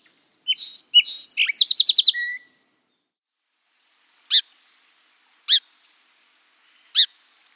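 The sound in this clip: Sparrow song: a quick jumble of bright chirps and a fast trill, followed by three single sharp descending notes spaced well over a second apart.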